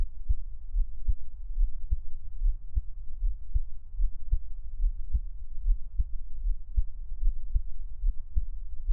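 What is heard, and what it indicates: Steady, soft low thumps of an adult's own heartbeat, heard close up, about 75 beats a minute, with no talking.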